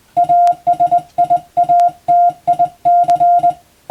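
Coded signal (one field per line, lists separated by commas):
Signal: Morse code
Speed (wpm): 20 wpm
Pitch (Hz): 700 Hz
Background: music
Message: ASIATIC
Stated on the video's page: Morse sent by hand on a telegraph key as receiving practice for the radiotelegraph operator exam, from a telegram practice book.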